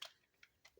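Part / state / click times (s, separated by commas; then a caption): plastic part clicking onto a notch on a dragon robot action figure / seated / 0.0 s. A plastic part is pressed onto a Lightning Collection Dragonzord dragon robot action figure and clicks onto a notch, seating in place. A sharp plastic click sounds at 0.0 s, followed by two softer ticks around 0.4 s and 0.7 s. No one talks.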